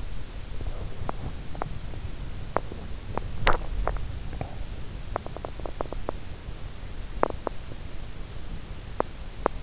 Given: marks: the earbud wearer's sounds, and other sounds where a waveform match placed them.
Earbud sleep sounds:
sounds in sleep by an in-ear microphone; teeth grinding, swallowing
0.36-3.66 s: teeth grinding
3.66-4.64 s: swallowing
4.64-6.29 s: teeth grinding
7.16-7.63 s: teeth grinding
8.56-9.63 s: teeth grinding

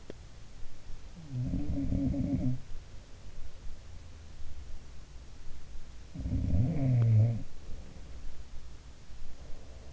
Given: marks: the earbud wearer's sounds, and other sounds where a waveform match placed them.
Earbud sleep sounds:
sounds in sleep by an in-ear microphone; teeth grinding
0.00-0.24 s: teeth grinding
1.23-2.72 s: sound from someone else or the room
6.08-7.50 s: sound from someone else or the room

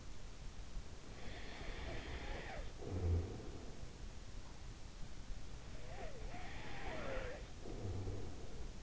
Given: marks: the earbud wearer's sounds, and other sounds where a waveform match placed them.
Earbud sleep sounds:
sounds in sleep by an in-ear microphone; snoring breath, breath
1.06-3.95 s: snoring breath
5.35-8.83 s: breath

